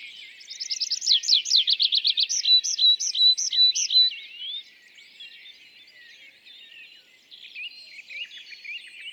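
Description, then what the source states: Tree pipit song: a fast run of bright, repeated down-slurred notes, then slower drawn-out whistled notes, followed by softer twittering. Display song at an isolated tree at a meadow's foot; sings perched, rises in flight, parachutes down; days after arriving from migration; La Sarcena, Val Drôme, France; 27 April 2020; Nagra Seven, MKH40.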